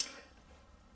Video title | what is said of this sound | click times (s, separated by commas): CUSTOMER STATES CAR SHAKING & FUEL ECONOMY IS BAD! O2 STUCK RICH JEEP OXYGEN SENSOR REPLACEMENT! | and we were able to snap it together you guys probably heard it Go click | 0.0 s